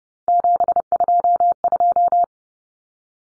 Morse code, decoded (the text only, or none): 722